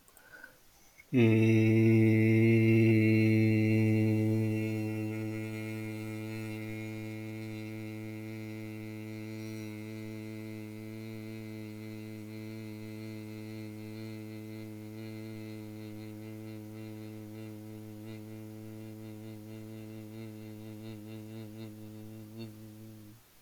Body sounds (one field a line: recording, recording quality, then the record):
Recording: sustained vowel as in made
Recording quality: moderate, slight background noise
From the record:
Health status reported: healthy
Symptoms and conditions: none ticked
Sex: male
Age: 38 years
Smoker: not ticked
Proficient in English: yes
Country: India